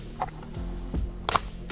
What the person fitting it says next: you hear that click? That's it.